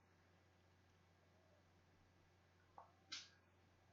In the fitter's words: and it snaps right in no problem no force needed snaps right in just like the